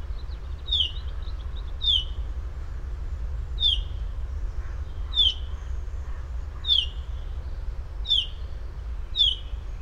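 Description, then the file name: Common chaffinch repeating a clipped, slurred call note every second or two, seven notes in all, with a low steady background rumble. "Fringilla coelebs"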